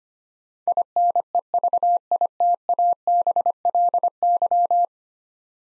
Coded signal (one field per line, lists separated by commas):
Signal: Morse code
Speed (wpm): 25 wpm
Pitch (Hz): 700 Hz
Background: none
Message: INEVITABLY